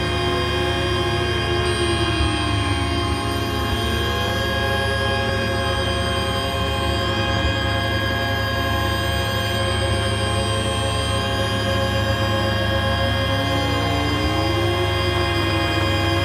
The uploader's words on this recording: By placing an Electro-Magnetic coil pick up on the bus window, I managed to capture the electrical signals and sounds of the buses hybrid electric motor spinning up. The signels where recorded on a Number 1 Bus travelling between Waterloo and New Kent Road.